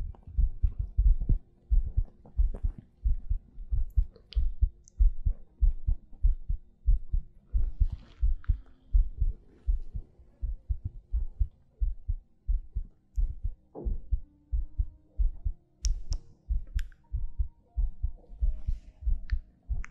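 Steady, regular low heartbeat thumps at about 90 beats per minute, with faint breathing and small background noises, in an ASMR setting.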